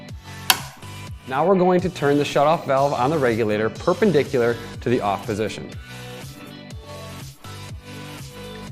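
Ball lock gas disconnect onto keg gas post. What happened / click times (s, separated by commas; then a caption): The gas disconnect snapped onto the keg post / 0.5 s. A ball lock gas disconnect on the bulk gas hose has its collar pulled up and is pushed straight down onto a metal keg gas post, clicking on at 0.5 s, so it is seated and connected. Someone then talks over music.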